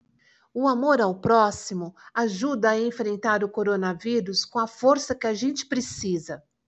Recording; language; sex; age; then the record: spoken sentence; Brazilian Portuguese; female; 50 to 59 years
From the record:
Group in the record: control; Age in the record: 55 years